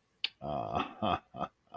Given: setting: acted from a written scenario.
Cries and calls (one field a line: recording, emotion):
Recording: vocal sound without words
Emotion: pride